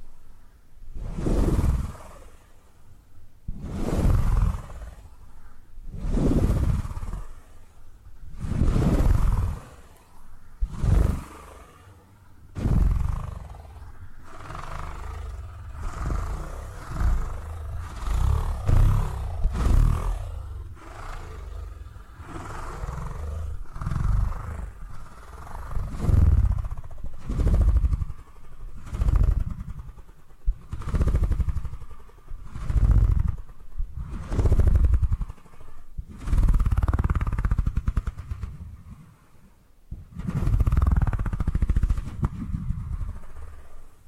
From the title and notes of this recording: ASMR Brain Tingly Purring Triggers for Sleep (No Talking).